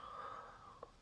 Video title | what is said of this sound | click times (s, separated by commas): dead Rabbit RTA | and you get it, yeah, that's just clicked into place there now. | 0.8 s